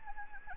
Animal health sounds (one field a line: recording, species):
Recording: mosquito wingbeat signal from an infrared sensor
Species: Anopheles gambiae